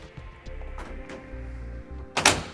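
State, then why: Seated. The BAK Revolver X2 roll-up hard tonneau cover on a 2017 Chevrolet Silverado 3500 is unrolled toward the tailgate, and its end latches are engaged into the truck bed side rails while the hardware is still loosely installed to square it up. Low rumbling and faint thumps run under it, then two sharp clicks land at 2.2 s and 2.3 s as the latches click in on both sides, seating the cover.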